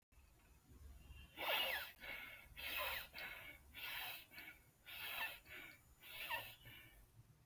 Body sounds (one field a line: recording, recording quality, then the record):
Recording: shallow breathing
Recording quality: excellent, no background noise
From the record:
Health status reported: healthy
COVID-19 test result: not tested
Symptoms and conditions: none ticked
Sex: male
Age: 30 years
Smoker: not ticked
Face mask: not worn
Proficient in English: yes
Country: India